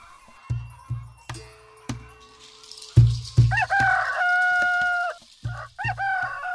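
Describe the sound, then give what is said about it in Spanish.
Hens cluck in short, repeated bursts while the neighbor's rooster, which has jumped the fence to court the hens, lets out a loud, harmonic crow that stretches for a couple of seconds, followed by another crow starting at the end. “El gallo del vecino saltó el cerco y se puso a hacer la corte a mis gallinas y a amargar la existencia de mi gallo.”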